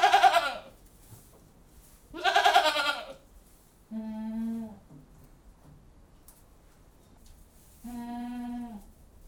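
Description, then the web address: Goats bleating: two loud harsh bleats, then two lower, steadier bleats with clear tone, spaced a few seconds apart. Goats recorded inside a goat house. "The BBC Sound Effects Library (Livestock # 1 ) Goat House"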